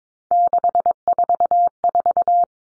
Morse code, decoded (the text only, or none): 644